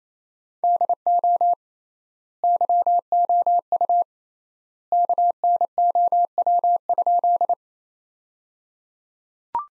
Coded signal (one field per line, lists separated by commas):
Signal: Morse code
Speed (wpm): 28 wpm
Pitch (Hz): 700 Hz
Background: none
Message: DO YOU KNOW?